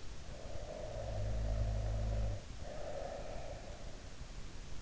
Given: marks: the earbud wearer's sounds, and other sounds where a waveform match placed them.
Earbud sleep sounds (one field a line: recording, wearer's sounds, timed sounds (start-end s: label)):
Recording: sounds in sleep by an in-ear microphone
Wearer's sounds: snoring breath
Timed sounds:
0.16-3.78 s: snoring breath